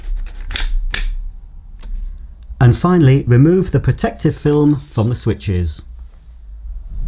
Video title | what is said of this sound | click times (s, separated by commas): Aircraft PowerGlide Cordless Hard Floor Cleaner Unboxing & Demonstration | can then insert the handle grip until it clicks into position and | 0.9 s